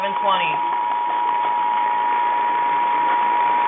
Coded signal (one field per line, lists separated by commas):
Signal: Emergency Alert System (SAME) tones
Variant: 853 and 960 Hz attention tone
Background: speech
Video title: Connecticut and Illinois EAS Tests - 10/2/18